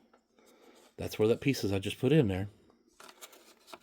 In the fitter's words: And it snaps right into place over the top of it.